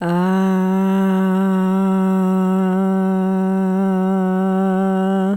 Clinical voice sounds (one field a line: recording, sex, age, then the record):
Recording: sustained vowel /a/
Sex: female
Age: 50 to 59 years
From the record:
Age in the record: 54 years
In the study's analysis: included